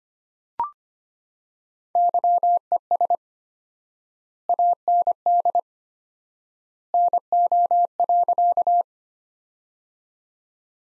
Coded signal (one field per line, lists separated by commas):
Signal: Morse code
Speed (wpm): 25 wpm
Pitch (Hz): 700 Hz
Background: none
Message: YES AND NO.